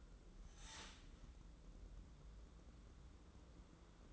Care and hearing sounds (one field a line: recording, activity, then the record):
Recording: daily activity, microphone in the room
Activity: start toaster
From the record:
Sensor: 3